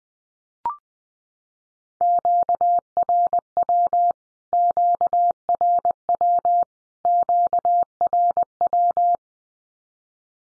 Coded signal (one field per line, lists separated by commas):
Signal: Morse code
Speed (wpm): 20 wpm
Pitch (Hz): 700 Hz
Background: none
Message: QRW QRW QRW